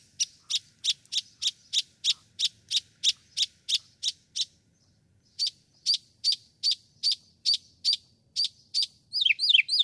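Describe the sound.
Northern mockingbird song: a long string of sharp, high chips repeated rapidly, a brief pause, more chips, then quick falling slurred notes.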